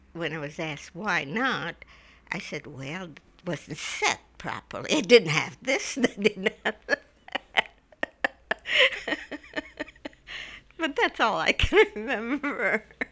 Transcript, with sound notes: when I was asked why not, I said, "Well, it wasn't set properly." It didn't have this and it didn't have that. ( she laughs ) That's all I can remember.